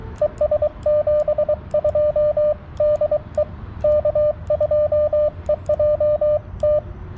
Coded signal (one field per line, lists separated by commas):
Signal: Morse code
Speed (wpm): 22 wpm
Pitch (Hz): 600 Hz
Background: radio noise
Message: ES72 DE K2EJT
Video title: CW POTA at US-4567 with the TX-500